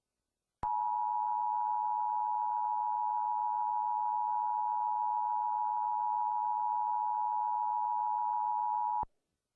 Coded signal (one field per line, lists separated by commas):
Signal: Emergency Alert System (SAME) tones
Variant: 853 and 960 Hz attention tone